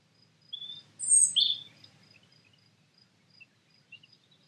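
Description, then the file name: European robin giving a short high whistled phrase with a loud sharp note, while a faint insect-like ticking repeats steadily in the background. "Erithacus rubecula"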